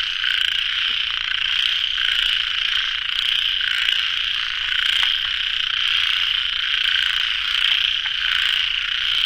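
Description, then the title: Frogs in a dense chorus, an unbroken buzzy trill that swells and fades a little, with scattered faint clicks. Frogs calling at a pond late at night; recorded in the field by the recordist. "深夜水塘蛙声伴你入眠 ［声谷］"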